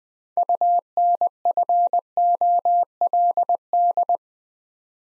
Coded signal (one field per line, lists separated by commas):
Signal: Morse code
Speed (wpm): 21 wpm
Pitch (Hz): 700 Hz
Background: none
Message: UNFOLD